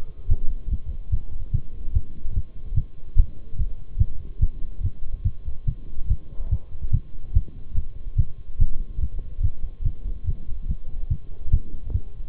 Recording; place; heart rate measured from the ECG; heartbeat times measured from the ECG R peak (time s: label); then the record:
heart sounds by stethoscope; between the tricuspid and mitral areas; 144 bpm
0.30 s: heartbeat
0.71 s: heartbeat
1.12 s: heartbeat
1.53 s: heartbeat
1.95 s: heartbeat
2.36 s: heartbeat
2.77 s: heartbeat
3.18 s: heartbeat
3.58 s: heartbeat
4.00 s: heartbeat
4.41 s: heartbeat
4.84 s: heartbeat
5.25 s: heartbeat
5.67 s: heartbeat
6.10 s: heartbeat
6.52 s: heartbeat
6.93 s: heartbeat
7.35 s: heartbeat
7.77 s: heartbeat
8.18 s: heartbeat
8.60 s: heartbeat
9.02 s: heartbeat
9.44 s: heartbeat
9.86 s: heartbeat
10.28 s: heartbeat
10.69 s: heartbeat
11.11 s: heartbeat
11.52 s: heartbeat
11.94 s: heartbeat
From the record:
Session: Bruce protocol treadmill stress test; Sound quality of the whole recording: partially saturated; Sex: male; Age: 23 years